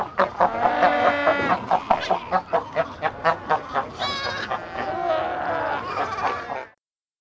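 Cape fur seal barks and squeals: harmonic bleating wails overlap, with a run of quick pulsed barks in the middle and more drawn-out squealing calls toward the end.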